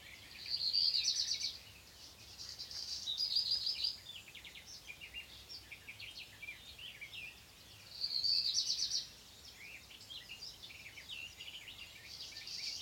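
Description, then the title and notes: Black redstart song: short high whistled bursts every few seconds, each trailing into scratchy, crackling notes, with quiet gaps between phrases. Nimble flycatching bird; individuals sometimes chase one another in flight. "Zwarte roodstaart Phoenicurus ochruros Hausrotschwanz Rougequeue noir"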